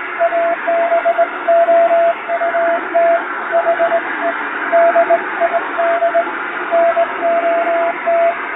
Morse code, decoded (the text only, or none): ABOUT HE DID NOT